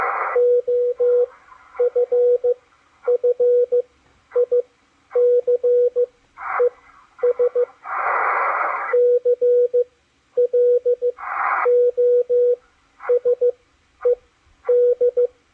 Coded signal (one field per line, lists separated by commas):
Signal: Morse code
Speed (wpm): 14 wpm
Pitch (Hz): 490 Hz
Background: radio noise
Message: OFFICES CLOSED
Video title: DECODING MORSE CODE ON THE MACHILITE DSP SDR RECEIVER 9-30-2021